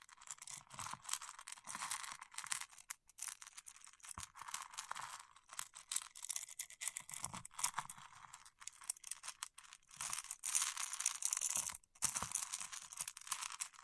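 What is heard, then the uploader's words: Fingertips rub and pick at wax in a dense, crackly scratching that runs almost nonstop, with brief pauses near four and twelve seconds. ASMR with Wax Fingertips for Sleep (No Talking).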